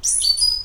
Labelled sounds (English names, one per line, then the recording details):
Stitchbird song
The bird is a male
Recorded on Tiritiri Matangi Island, New Zealand, in 2005
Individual 12, of nest box 16